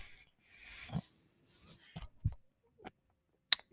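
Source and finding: Home mechanical ventilator in a small room. Mechanical ventilator sound.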